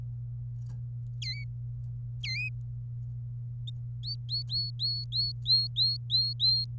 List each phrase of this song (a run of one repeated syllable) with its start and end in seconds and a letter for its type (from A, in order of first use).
1.22-1.44 A, 2.23-2.49 A, 4.03-6.65 B